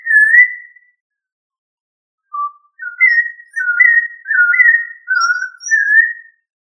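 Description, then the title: Thrush song: a single whistled note, a pause, then a run of varied fluty whistles that slur up and down. "Familia Turdidae - Sabia"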